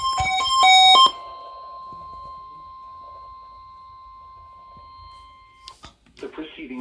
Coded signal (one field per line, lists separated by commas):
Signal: Emergency Alert System (SAME) tones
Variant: 1050 Hz attention tone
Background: speech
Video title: EAS #1